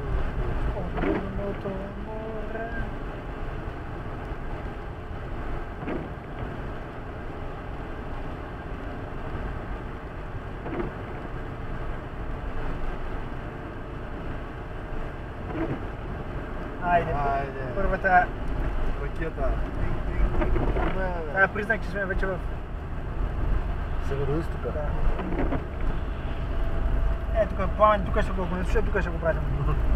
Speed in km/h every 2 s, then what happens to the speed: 80, 81, 81, 81, 84, 84, 85, 83, 82, 78, 71, 72, 70, 66, 65.
0-16 steady at about 82. 16-30 slows to 65.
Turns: none.